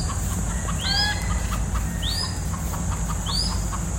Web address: sound Crested-goshawk. صدای-پرنده-شهباز-کاکلدار